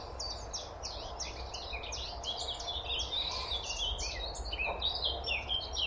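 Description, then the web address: Eurasian blackcap song, a rapid string of high chirping and warbling notes lasting the whole stretch, set against a steady low rumble. "SETE Sylvia atricapilla"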